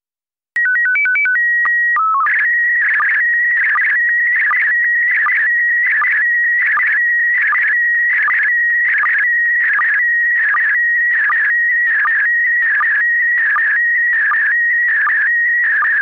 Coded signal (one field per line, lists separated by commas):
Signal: SSTV (slow-scan television)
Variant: PD 180